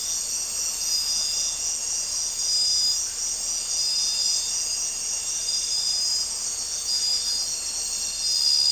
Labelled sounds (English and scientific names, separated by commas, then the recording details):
none
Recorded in dense forest near Puerto Asís, Putumayo, Colombia, on 4 March 2025 at 02:30
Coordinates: 0.467, -76.328
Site G041